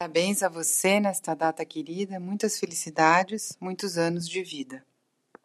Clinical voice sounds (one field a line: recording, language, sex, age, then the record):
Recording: short text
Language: Brazilian Portuguese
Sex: female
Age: 50 to 59 years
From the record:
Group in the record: control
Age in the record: 53 years